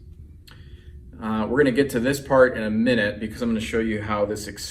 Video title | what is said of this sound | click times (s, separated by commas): Review and demo of kHelfer Electric Spin Scrubber with four replacement heads | grab this section here and you'll see it clasp really easily locks into place | 0.5 s